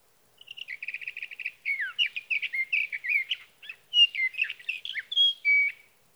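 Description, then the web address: Sage thrasher song, a fast stuttered series of repeated notes then about four seconds of jumbled, melodious warbling with down-slurred and rising notes. "birdsongforthecurious Sage Thrasher"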